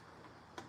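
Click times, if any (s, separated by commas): 0.6 s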